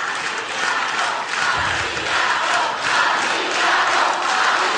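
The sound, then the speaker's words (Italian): A theatre audience applauds a performer on stage as he rises and greets them, steady clapping with scattered cheers and shouts, a dense, loud wash that holds evenly for several seconds without pause. “Dopodiché parte la musica e lui si alza dal mucchio di finti morti, salutando il pubblico che non risparmia gli applausi, e va al piano.”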